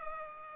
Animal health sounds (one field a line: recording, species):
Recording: mosquito wingbeat signal from an infrared sensor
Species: Culex pipiens